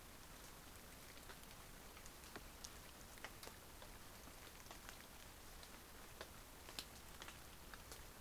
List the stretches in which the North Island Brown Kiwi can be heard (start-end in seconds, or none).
none